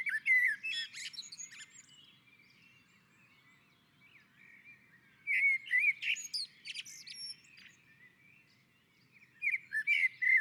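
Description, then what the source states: Common blackbird song in three separate bursts of fluty warbling mixed with squeaky high twitters, pauses of a few seconds between phrases. On a roof.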